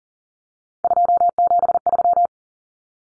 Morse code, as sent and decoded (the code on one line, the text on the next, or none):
..--- --... ...--
273